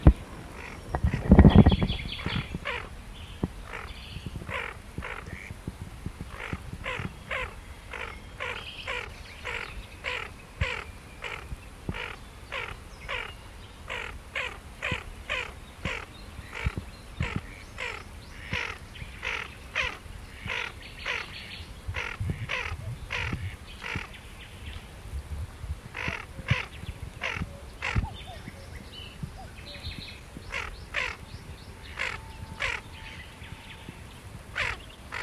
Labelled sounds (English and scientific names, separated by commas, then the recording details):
Tufted Duck (Aythya fuligula) call
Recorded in the wild
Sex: pair
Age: adult
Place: Karower Teiche, Naturpark Barnim, Berlin, DE
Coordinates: 52.6222, 13.4597
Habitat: pond
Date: 1989-05-26 21:48
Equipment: Riporter 6 RG-K, Halbspur, Sennheiser MKH 416 T
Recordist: Frommolt, Karl-Heinz
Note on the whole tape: Rufe eines Weibchens auf freier Wasserfläche in Begleitung des Männchen